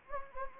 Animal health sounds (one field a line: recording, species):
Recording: mosquito wingbeat signal from an infrared sensor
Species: Anopheles gambiae